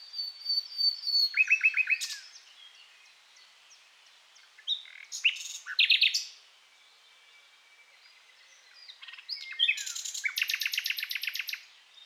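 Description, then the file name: Common nightingale song with fast stuttering note series, bright whistles and a long rattling trill near the end, broken by quiet gaps between phrases. "Luscinia megarhynchos"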